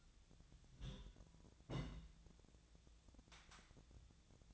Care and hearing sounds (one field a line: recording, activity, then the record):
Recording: daily activity, microphone in the room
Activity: place on stove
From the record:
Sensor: 3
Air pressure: 1009.9 hPa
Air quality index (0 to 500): 188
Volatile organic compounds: 14 ppm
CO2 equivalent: 2449 ppm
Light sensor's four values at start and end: 42/105/45/48 and 42/105/45/48